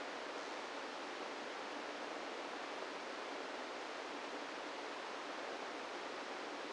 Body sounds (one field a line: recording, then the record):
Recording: brain microelectrode recording played as sound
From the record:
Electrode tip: inside the subthalamic nucleus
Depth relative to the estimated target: -2 mm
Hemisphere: right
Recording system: NeuroSet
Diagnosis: Parkinson's disease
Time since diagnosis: 17 years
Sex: male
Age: 64 years